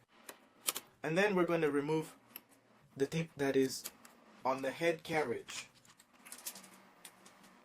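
The plastic scanner-unit main lid of an Epson F170 printer is lifted until it clicks into its open, held support latch at 0.7 s, and the lid stays open. Someone talks, and a few light clicks and taps follow later in the clip.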